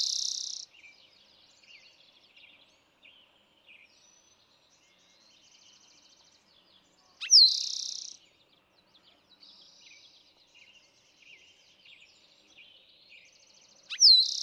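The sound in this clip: Eastern towhee song repeated roughly every seven seconds, each a quick downslurred note and fast trill, over faint background chirping.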